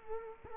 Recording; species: mosquito wingbeat signal from an infrared sensor; Culex quinquefasciatus